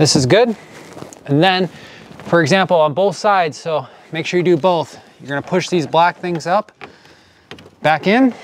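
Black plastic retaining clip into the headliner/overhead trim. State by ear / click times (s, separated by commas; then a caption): not seated / none. Someone talks while handling the black plastic retaining clips of the overhead headliner trim on a Ford Focus ST during a starlight headliner install, getting ready to push them back up into place on both sides. Two brief sharp sounds come near 7.5 s and 7.6 s, but nothing has seated or clicked yet.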